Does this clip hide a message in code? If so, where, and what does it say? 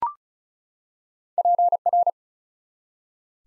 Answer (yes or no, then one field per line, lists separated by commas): yes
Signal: Morse code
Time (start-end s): 1.4-2.1 s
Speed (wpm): 36 wpm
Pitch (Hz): 700 Hz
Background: none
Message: PR